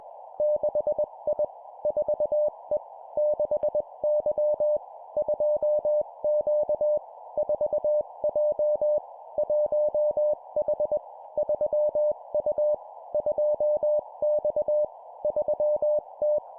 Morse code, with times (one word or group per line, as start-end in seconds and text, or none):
0.4-1.4 6I
1.9-2.8 4E
3.2-4.8 6Y
5.2-7.0 2Q
7.4-9.0 4J
9.4-11.0 1H
11.4-12.7 3U
13.1-14.8 2X
15.2-16.4 3T